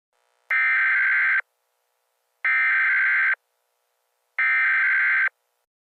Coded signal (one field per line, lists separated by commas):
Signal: Emergency Alert System (SAME) tones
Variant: header bursts